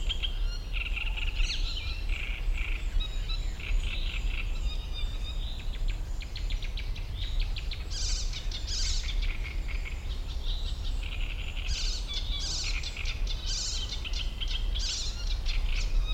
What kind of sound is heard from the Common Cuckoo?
call